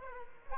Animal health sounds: mosquito wingbeat signal from an infrared sensor; Aedes aegypti

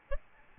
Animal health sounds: mosquito wingbeat signal from an infrared sensor; Aedes albopictus

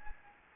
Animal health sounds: mosquito wingbeat signal from an infrared sensor; Anopheles gambiae

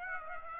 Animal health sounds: mosquito wingbeat signal from an infrared sensor; Aedes aegypti

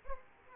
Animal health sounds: mosquito wingbeat signal from an infrared sensor; Aedes aegypti

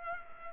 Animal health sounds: mosquito wingbeat signal from an infrared sensor; Culex pipiens

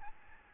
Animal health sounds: mosquito wingbeat signal from an infrared sensor; Aedes albopictus

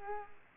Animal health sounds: mosquito wingbeat signal from an infrared sensor; Culex quinquefasciatus

